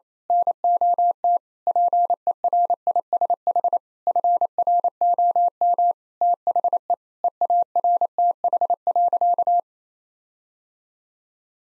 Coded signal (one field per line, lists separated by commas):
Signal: Morse code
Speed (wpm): 27 wpm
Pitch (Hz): 700 Hz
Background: none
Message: NOT PERISH FROM THE EARTH.